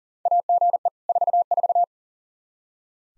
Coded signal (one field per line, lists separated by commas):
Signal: Morse code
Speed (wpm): 40 wpm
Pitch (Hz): 700 Hz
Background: none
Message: AGE 44